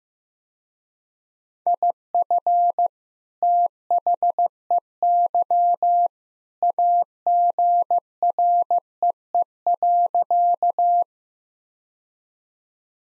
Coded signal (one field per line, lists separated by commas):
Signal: Morse code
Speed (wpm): 15 wpm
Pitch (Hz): 700 Hz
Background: none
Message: IF THEY AGREE.